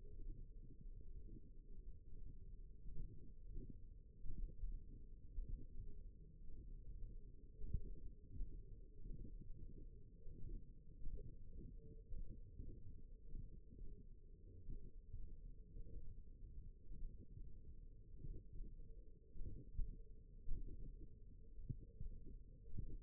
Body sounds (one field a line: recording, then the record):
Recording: forearm muscle sounds (acoustic myography)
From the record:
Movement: tripod grip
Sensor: system 1, eight BSWA MPA416 microphones around the upper forearm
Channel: 2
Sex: female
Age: 21 years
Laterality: right